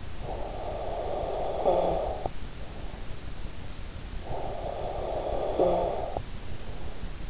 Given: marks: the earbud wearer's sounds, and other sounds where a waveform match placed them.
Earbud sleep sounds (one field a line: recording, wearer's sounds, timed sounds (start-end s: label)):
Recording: sounds in sleep by an in-ear microphone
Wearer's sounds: snoring breath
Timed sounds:
0.00-3.12 s: snoring breath
4.03-7.19 s: snoring breath